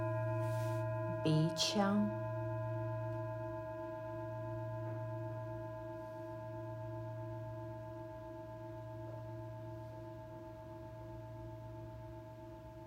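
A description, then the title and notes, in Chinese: A singing bowl rings with a steady, sustained hum, several clear tones layered over a low drone that slowly fades across the thirteen seconds. Near the start, around one to two seconds, a few brief bright strikes and a short voice-like sound cut in. 頌缽音樂。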